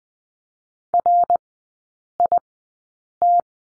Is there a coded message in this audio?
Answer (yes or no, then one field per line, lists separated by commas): yes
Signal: Morse code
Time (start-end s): 0.9-3.4 s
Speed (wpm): 20 wpm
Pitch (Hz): 700 Hz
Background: none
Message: RIT